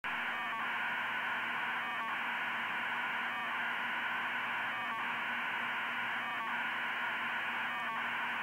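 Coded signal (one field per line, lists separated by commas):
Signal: radiosonde or satellite telemetry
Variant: 2400 baud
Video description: A test to see if 2400 baud can be used with my HAB flight computer. Received with a Funcube Dongle and Spectravue, demodulated in a modified fldigi.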